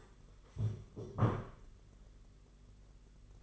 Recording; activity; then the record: daily activity, microphone in the room; stand up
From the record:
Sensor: 4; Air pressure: 992.5 hPa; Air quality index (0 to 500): 122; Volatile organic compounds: 33 ppm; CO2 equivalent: 3013 ppm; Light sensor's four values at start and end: 20/72/26/28 and 20/72/26/28